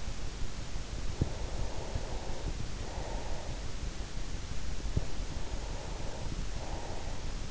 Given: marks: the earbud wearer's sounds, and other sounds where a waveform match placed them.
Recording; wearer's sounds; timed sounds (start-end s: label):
sounds in sleep by an in-ear microphone; breath
1.03-3.89 s: breath
4.80-7.51 s: breath